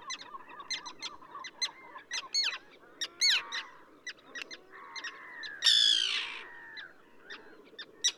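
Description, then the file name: Common tern calls, clipped sharp notes, with a loud grating screech in the latter half. Subspecies minussensis, recorded at Ögii Nuur, Mongolia. "ctern-minussensis mng ogi-nuur"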